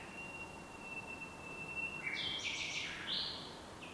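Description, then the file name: Common nightingale song: a long, steady, pure whistled note that bursts into a loud, scratchy, tumbling flourish, with faint hiss behind. "Luscinia megarhynchos"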